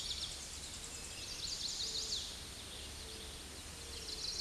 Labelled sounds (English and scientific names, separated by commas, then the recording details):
Chestnut-sided Warbler (Setophaga pensylvanica) song
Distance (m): 40 m
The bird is about 5 m above the microphone
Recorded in a Pennsylvania forest on 16 May 2024 at 07:43
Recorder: AudioMoth, point MSD-2453
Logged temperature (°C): 16.3 °C
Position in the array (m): 171 m, 175 m